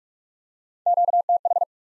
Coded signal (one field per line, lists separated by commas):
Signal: Morse code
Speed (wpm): 46 wpm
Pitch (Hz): 700 Hz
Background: none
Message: QTH